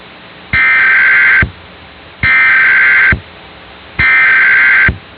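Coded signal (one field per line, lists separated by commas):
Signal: Emergency Alert System (SAME) tones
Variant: header bursts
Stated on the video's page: Simulated EAS scenario.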